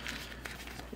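A plastic action figure's arm is pressed into the shoulder socket of its torso. A faint click sounds at 0.5 s over low background noise and scattered handling rustle. The arm is confirmed seated; this type of figure doesn't click loudly like some others.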